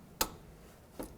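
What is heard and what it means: A torque wrench tightens the upper nut of a front sway bar link to 58 ft-lb on the steel suspension of a 2007-2012 Nissan Altima. It gives a sharp click at its setting at 0.2 s, followed by a fainter tick at 1.0 s. The click means the nut has reached its set torque and is done.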